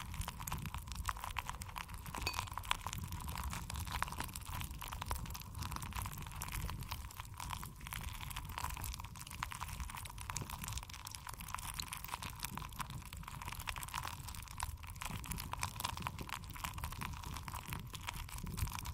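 Jelly sounds: a continuous wet, squelchy crackle of dense small clicks and pops that runs through all nineteen seconds without a pause. A soft low rumble sits underneath, and a faint steady whine holds at one pitch throughout.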